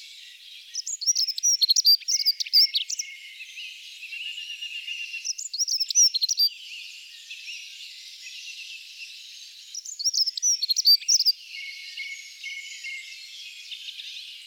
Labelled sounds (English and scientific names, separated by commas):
Dunnock (Prunella modularis) song